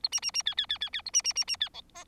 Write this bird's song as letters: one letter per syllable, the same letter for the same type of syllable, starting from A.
A B B B C C C C C A B B B B C D E